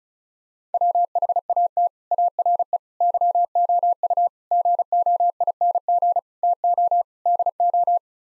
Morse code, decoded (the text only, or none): WHAT ARE YOU GOING TO DO